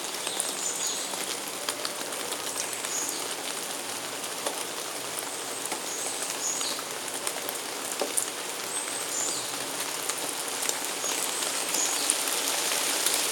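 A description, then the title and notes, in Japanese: Steady early-morning rain patters densely throughout, with scattered drop ticks and faint bird chirps high in the background. 雨と野鳥。HPLバイノーラル。早朝の雨の音です。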